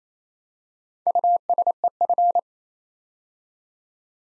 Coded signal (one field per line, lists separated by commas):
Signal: Morse code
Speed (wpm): 28 wpm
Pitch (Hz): 700 Hz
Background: none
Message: USEF